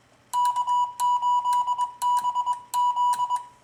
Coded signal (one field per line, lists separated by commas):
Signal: Morse code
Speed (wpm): 22 wpm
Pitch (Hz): 980 Hz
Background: none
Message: K8BZ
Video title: MFJ-490 X Memory Keyer Review